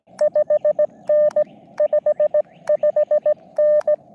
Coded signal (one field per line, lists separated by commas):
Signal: Morse code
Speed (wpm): 17 wpm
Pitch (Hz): 590 Hz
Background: none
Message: 5N 55N